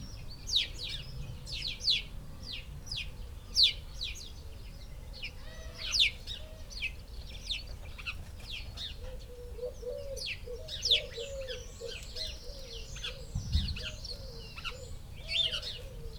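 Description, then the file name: House sparrow chirps: sharp, repeated chirps scattered throughout, over a constant background hum. "Passer domesticus"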